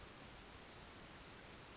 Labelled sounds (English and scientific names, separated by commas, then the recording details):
Brown Creeper (Certhia americana)
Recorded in Sonoma County, California